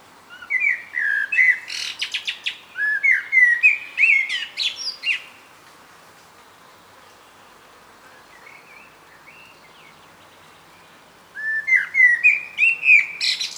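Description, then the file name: Common blackbird song: a mellow, fluted warbling phrase ending in a scratchy high twitter, then a long quiet gap before another rich warbled phrase begins. "Turdus merula"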